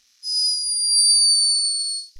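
A single thin, very high-pitched whistle lasts about two seconds, steady and drifting slightly downward in pitch, with no low-pitched sound. This is the squeaky snore of a sleeping hummingbird.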